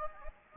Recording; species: mosquito wingbeat signal from an infrared sensor; Anopheles gambiae